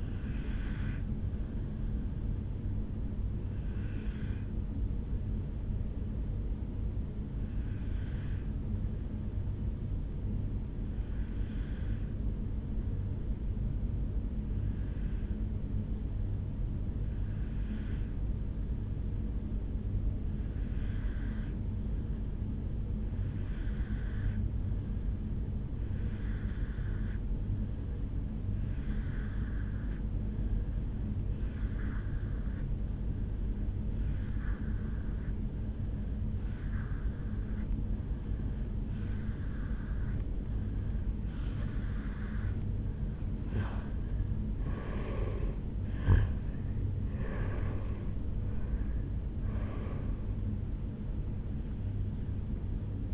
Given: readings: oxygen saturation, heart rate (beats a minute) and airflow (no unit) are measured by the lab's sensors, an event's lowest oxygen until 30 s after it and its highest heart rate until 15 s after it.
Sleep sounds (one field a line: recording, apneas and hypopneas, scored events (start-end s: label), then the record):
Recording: breathing in sleep by a smartphone at the bedside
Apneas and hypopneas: 1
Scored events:
3.00-43.00 s: obstructive apnea (N2, oxygen 97% highest, then 86% lowest, heart rate 57 at the start, 75 highest)
From the record:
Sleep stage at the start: N2 (light sleep)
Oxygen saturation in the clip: 87 to 97%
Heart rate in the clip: 57 to 75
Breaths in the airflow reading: 4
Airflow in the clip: -10.3 to 7.7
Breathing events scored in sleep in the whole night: 449 in 7.0 hours asleep